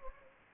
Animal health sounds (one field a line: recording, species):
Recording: mosquito wingbeat signal from an infrared sensor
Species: Anopheles gambiae